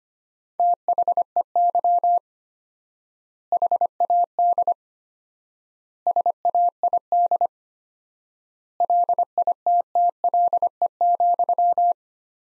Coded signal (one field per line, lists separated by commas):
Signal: Morse code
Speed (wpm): 25 wpm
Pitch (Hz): 700 Hz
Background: none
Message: THEY HAD SAID LITTLE,